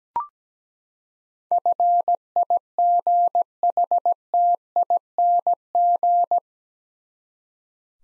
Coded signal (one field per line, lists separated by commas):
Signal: Morse code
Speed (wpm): 17 wpm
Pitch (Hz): 700 Hz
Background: none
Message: FIGHTING